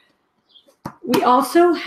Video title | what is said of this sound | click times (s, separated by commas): How To Save TIME & MONEY In the Kitchen & REMOVE MOLD in Your Foods | plastic lid that just snaps on to your container | 0.9 s